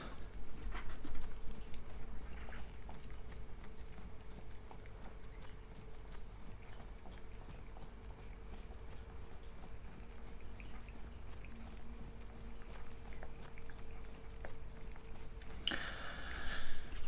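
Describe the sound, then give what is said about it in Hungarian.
A cat laps water from a glass on a table, making soft, quick wet ticks in a steady, irregular patter over a faint steady hum, with a brief louder rustle near the end. No one speaks. “És egy kicsit ivott is az asztalon található poharából, amit direkt neki készítettem ide.”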